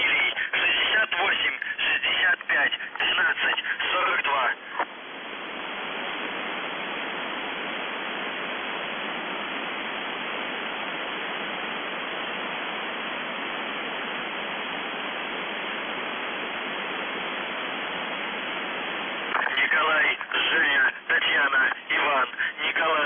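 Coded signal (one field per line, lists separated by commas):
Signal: numbers station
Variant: UVB-76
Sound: a voice speaking through radio, then long steady hiss, then the voice resumes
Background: radio static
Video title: The Buzzer/UVB-76 Voice Message March 18, 2021 07:22 UTC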